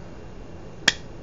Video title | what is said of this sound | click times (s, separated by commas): The Tugboat RDA by Flawless Review | nice and uh you get that nice little click you know that little click that uh is so important to | 0.9 s